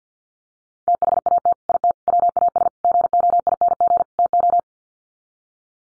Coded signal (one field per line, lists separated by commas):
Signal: Morse code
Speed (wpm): 50 wpm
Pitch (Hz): 700 Hz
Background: none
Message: THAT IT WAS GOING TO